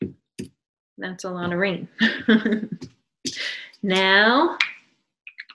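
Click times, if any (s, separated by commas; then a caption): none. Someone talks while a marker cap is being pushed back onto the marker barrel so the lid will be on tight and the marker won't dry up. A few brief handling taps come near the end, around 5.3 to 5.5 seconds. The cap has not clicked shut or seated yet when the clip ends.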